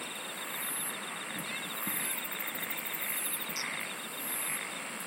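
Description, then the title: Insects singing together: a constant hiss, a steady pulsed trill, and very high buzzy bursts returning roughly every second. "SINGING OF INSECTS"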